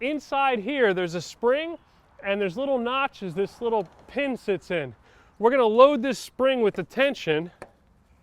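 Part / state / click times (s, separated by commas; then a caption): awning rafter arm pin into notched spring bracket on a travel trailer / not seated / none. Someone talks while handling the awning rafter arm on a 2020 Airstream Caravel 19CB travel trailer, where a spring is being loaded with tension so its pin can sit in the little notches on the metal rafter arm. Only speech is heard, with no distinct mechanical sounds. The clip ends before the pin locks into place, so nothing has seated yet.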